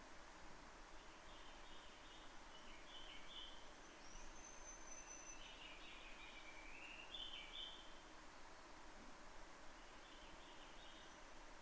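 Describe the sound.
Townsend's solitaire singing faint, jumbled warbling phrases in bursts, with a thin high whistle midway, against constant hiss.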